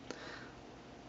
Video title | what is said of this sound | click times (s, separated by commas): NERF Modulus Long Range Upgrade Kit review | oh okay I I get it cuz it locks uh yeah never mind haha never mind never mind | 0.1 s